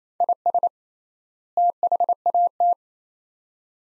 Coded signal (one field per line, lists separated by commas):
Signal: Morse code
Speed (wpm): 28 wpm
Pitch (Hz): 700 Hz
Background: none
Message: IS THAT